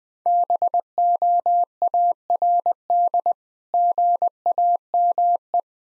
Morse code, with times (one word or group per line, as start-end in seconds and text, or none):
0.3-3.3 BOARD
3.7-5.6 GAME